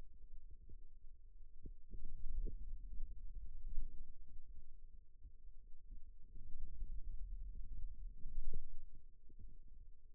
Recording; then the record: forearm muscle sounds (acoustic myography)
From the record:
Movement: radial deviation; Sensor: system 2, bracelet of six BSWA MPA416 microphones around the upper forearm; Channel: 5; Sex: male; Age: 22 years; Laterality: right